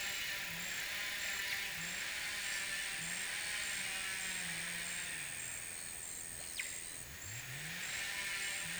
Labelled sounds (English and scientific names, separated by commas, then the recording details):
none
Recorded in pastures near Puerto Asís, Putumayo, Colombia, on 27 June 2025 at 15:30
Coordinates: 0.486, -76.323
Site H29